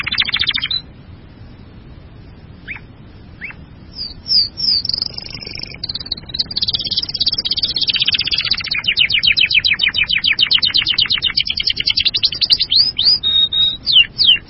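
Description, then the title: Bird song: a few sharp chirps early, then from about eight seconds a loud, fast, high trill of rapidly repeated notes that runs to the end. "burung online"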